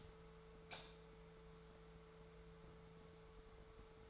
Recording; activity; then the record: daily activity, microphone in the room; light on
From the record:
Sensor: 3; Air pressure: 1014.7 hPa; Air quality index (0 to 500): 193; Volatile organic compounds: 24 ppm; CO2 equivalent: 2819 ppm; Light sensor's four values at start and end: 21/53/22/23 and 37/94/40/42